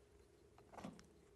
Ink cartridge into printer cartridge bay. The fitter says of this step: until you hear it Go click